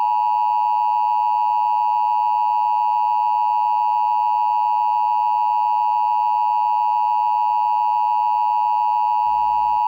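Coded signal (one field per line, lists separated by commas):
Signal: Emergency Alert System (SAME) tones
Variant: 853 and 960 Hz attention tone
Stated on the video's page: Fictional mock alert.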